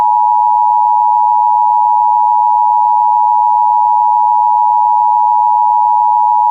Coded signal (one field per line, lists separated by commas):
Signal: Emergency Alert System (SAME) tones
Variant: 853 and 960 Hz attention tone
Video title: EAS Scenario: A Tempestuous Tease